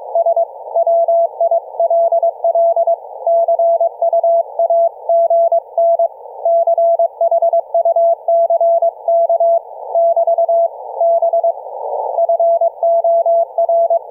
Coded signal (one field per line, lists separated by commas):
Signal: Morse code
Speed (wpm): 22 wpm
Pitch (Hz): 670 Hz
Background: none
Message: S WILL CUAGN CHUCK <BT> B FOR